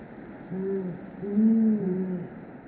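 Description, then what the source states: Brown fish owl hoots, a short deep hoot followed by a longer, louder, slightly rising-then-falling hoot, two low tones overlapping, with a steady high whine behind. A pair duetting.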